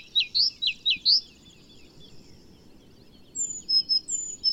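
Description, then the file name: Great tit calls: four sharp, downslurred notes in quick succession, a pause, then several thin, high whistled notes against faint background noise. "Parus major"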